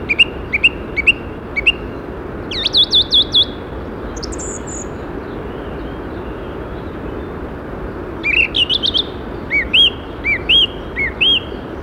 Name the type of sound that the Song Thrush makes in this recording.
song